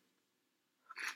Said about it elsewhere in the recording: That was a really quiet sneeze. Those were like the quietest sneezes I've ever heard in my life. I quelched them. that's how quiet she sneezed. You couldn't even hear it.